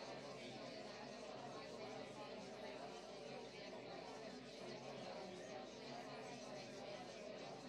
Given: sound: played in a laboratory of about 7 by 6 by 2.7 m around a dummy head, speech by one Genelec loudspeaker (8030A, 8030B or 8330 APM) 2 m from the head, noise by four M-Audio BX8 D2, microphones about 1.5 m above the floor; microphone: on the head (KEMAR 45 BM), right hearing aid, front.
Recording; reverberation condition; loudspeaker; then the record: babble noise; low; four, about 170 cm from the corners of the room and facing them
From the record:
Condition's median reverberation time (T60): about 310 ms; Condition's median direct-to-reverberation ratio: about 3.5 dB